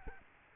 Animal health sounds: mosquito wingbeat signal from an infrared sensor; Aedes albopictus

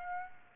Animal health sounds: mosquito wingbeat signal from an infrared sensor; Aedes aegypti

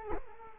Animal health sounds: mosquito wingbeat signal from an infrared sensor; Culex quinquefasciatus

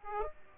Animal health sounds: mosquito wingbeat signal from an infrared sensor; Aedes aegypti

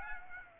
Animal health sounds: mosquito wingbeat signal from an infrared sensor; Aedes aegypti

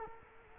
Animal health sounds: mosquito wingbeat signal from an infrared sensor; Culex quinquefasciatus

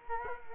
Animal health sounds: mosquito wingbeat signal from an infrared sensor; Culex quinquefasciatus

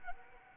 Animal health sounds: mosquito wingbeat signal from an infrared sensor; Anopheles arabiensis

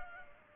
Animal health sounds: mosquito wingbeat signal from an infrared sensor; Culex pipiens

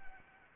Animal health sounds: mosquito wingbeat signal from an infrared sensor; Anopheles arabiensis

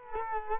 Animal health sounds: mosquito wingbeat signal from an infrared sensor; Culex quinquefasciatus

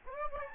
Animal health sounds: mosquito wingbeat signal from an infrared sensor; Aedes albopictus

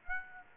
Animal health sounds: mosquito wingbeat signal from an infrared sensor; Aedes aegypti

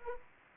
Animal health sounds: mosquito wingbeat signal from an infrared sensor; Anopheles arabiensis

